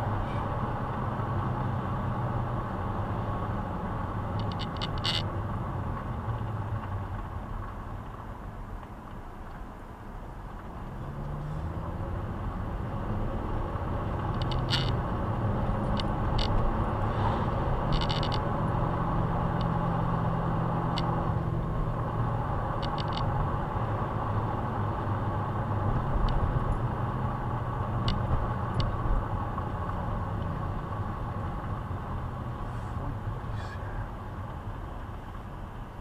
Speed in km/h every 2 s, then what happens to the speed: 39, 35, 30, 17, 6, 10, 21, 34, 42, 49, 49, 46, 43, 38, 34, 30, 21, 12.
0-8 brakes to 6. 9-20 speeds up to 49. 20-36 slows to 12.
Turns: none.